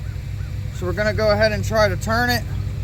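A pressure washer gun's hose coupling is being fitted onto a ball valve fitting while someone talks over a steady low hum. The coupling is handled but not yet turned home, so nothing has seated or clicked yet.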